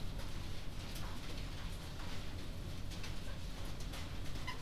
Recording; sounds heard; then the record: poultry house recording; sick chickens (respiratory disease)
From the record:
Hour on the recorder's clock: 22